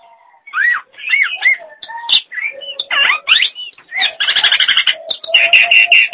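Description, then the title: Nias hill myna song: a varied run of loud whistles, rising and falling slurs, mixed with harsh buzzy bursts, ending in dense rasping notes. "Jalak Nias"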